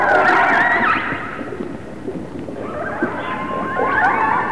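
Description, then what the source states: Orca calls: bright harmonic squeals at the start, a quieter stretch, then more rising and falling tonal calls over low underwater noise. Resident orcas of the A clan.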